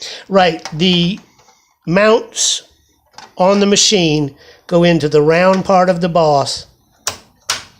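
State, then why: Seated. A row counter is pressed down onto its spring-loaded mount on the bed of a vintage Brother knitting machine while someone talks. Two sharp clicks at 7.1 s and 7.5 s mark the counter locking into place, and it is seated.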